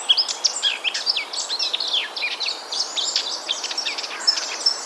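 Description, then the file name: Eurasian blackcap song: rapid, scratchy, high warbling notes tumbling without pause, ending with a couple of clear, thin whistled notes. "Sylvia atricapilla"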